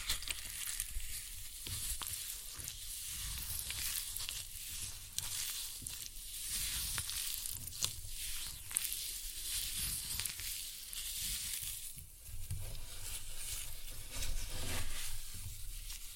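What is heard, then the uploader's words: Floral foam is crushed in a steady, dense crackling that runs the full sixteen seconds, bright and gritty with fine crumbling textures. Quick pulses of pressure come roughly every second, a brief lull near twelve seconds, then the crunching swells again. Floral Foam Glitter Bomb Crushing.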